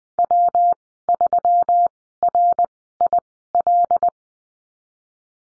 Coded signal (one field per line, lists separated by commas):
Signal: Morse code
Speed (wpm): 20 wpm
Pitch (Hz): 700 Hz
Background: none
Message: W3RIL